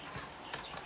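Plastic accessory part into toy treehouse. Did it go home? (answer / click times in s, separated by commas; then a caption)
partly / 0.5 s. A plastic accessory part is pushed into a toy treehouse, giving a small click at 0.5 s over a soft background hiss. The part clicks but is not fully home and still needs to go in deeper.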